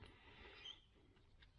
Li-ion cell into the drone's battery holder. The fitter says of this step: in and click